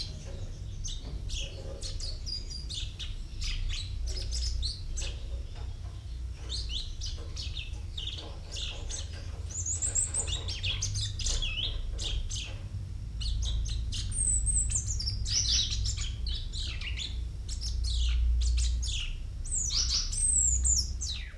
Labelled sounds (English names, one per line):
Common Chaffinch